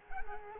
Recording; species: mosquito wingbeat signal from an infrared sensor; Culex quinquefasciatus